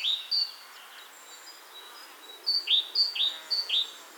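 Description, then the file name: Eurasian blackcap song notes: thin high whistles, then a run of clear downslurred notes repeated about every half second. "Sylvia atricapilla"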